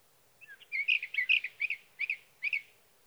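Sage thrasher singing a busy warbled phrase of jumbled notes, then two separate chirped notes about half a second apart.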